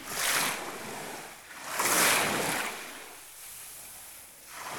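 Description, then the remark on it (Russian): Broad, hissing waves of the Sargasso Sea wash in surges around a vessel as it lands on the water and floats, swelling loudly twice and then easing into a steadier rush of water and wind, with no voices. “Приводняемся. Открываем иллюминаторы.”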